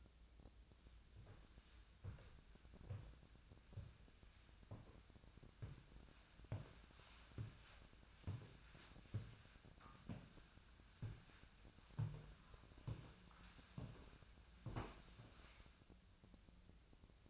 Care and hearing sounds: daily activity, microphone in the room; walk to room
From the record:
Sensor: 2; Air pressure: 1009.9 hPa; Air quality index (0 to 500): 177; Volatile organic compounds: 10 ppm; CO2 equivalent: 2219 ppm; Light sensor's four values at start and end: 32/78/33/37 and 31/76/33/37

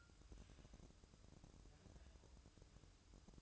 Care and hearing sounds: daily activity, microphone in the room; take from stove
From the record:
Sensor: 2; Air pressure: 1008.0 hPa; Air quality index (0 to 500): 108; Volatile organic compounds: 1 ppm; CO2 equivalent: 806 ppm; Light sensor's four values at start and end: 6/15/6/6 and 6/15/6/6

